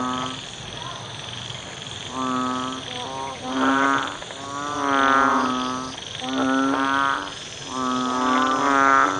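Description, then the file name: Banded bullfrog calls: a run of droning, nasal notes in loose succession, some close together, with faint insect buzzing behind. "เสียงอึ่งอ่างร้อง"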